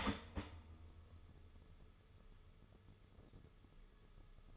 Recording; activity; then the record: daily activity, microphone in the room; start toaster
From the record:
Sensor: 4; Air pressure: 995.4 hPa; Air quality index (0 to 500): 214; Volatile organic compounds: 245 ppm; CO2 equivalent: 4348 ppm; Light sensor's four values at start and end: 22/69/26/26 and 22/69/26/26